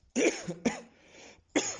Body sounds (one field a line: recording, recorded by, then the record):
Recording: voluntary cough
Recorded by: messaging app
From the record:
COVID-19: positive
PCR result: self-reported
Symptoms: yes